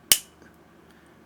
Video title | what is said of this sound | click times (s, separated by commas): High Heat FRAGRANCE HAUL Full of Variety for SUMMER 2023 - FragranceBuy Canada Day Sale | there's a good click | 0.1 s